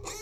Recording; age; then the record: pig call; weaner (32 to 43 days)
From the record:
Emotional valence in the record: negative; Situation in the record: novel object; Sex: female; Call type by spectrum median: high-frequency call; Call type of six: high-frequency stable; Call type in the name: high-frequency stable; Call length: 0.23 s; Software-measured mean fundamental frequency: 368 Hz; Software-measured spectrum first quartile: 619 Hz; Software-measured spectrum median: 2709 Hz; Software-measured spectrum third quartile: 6423 Hz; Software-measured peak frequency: 415 Hz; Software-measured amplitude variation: 95 dB a second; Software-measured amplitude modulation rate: 24.2 a second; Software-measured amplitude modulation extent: 3.9 dB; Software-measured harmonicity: 4.1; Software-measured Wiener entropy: -2.45